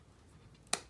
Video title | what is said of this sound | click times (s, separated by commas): DWI Dowellin D10 - Unboxing & First Look | and click it back in place on and off switch let's see what these leds look like | 0.7 s